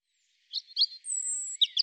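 European robin song: high, tinkling twittered notes, then a long thin steady whistle followed by a quick cluster of bright chirps; no other sounds.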